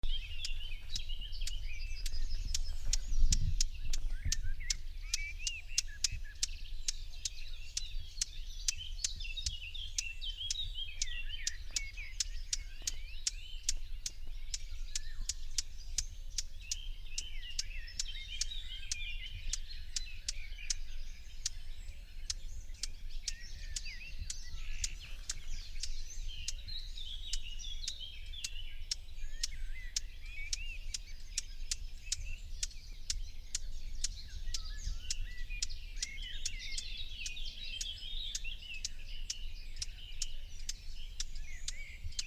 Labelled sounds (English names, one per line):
Common Whitethroat call